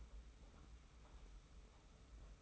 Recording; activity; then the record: daily activity, microphone in the room; take from stove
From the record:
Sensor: 1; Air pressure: 991.0 hPa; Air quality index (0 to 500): 91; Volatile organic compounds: 32 ppm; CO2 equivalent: 3002 ppm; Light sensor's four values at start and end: 36/117/46/47 and 36/117/46/47